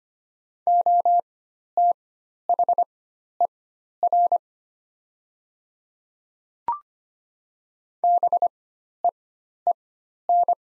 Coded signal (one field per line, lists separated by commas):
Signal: Morse code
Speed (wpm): 25 wpm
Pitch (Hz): 700 Hz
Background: none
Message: OTHER BEEN